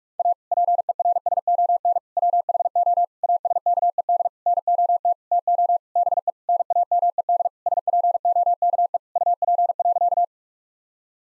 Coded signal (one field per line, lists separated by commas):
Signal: Morse code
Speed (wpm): 44 wpm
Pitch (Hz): 700 Hz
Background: none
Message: A PERSON WHO ASKED NOT TO BE NAMED SPOKE UP.